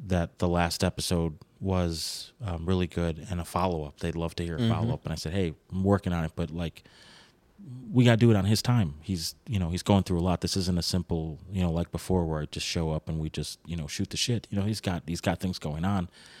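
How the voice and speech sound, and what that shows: An adult man talks in a relaxed, conversational way, with a low, steady pitch, smooth phrasing and a few short pauses and fillers. His speech is fluent, with clear articulation and ordinary voice quality. There are no signs of a speech or voice disorder.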